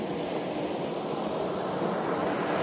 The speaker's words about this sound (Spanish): Pues ninguna de las dos cosas, porque es el sonido de las olas del mar.